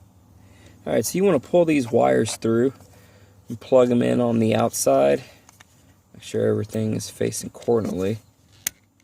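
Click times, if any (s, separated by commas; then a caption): 8.7 s. Someone talks while working on a 2014 Kia Cadenza steering column, pulling wires through and plugging them in on the outside. The plastic steering column piece is then pressed into the column assembly and snaps back into place with a sharp click at 8.7 seconds.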